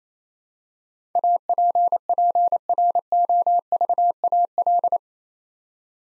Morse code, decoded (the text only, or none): APPROVAL